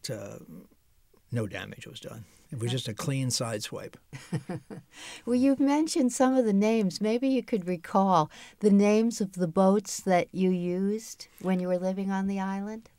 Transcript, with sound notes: But no damage was done. It was just a clean sideswipe.
[chuckles] Well, you've mentioned some of the names. Maybe you could recall the names of the boats that you used when you were living on the island.